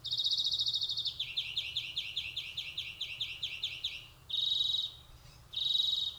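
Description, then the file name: European greenfinch giving a long, fast, buzzy trill of repeated high notes, then two short separate trilled bursts after a brief pause, over faint low background hum. "Chloris chloris"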